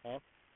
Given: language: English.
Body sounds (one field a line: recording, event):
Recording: throat vibration sensor signal played as sound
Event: speech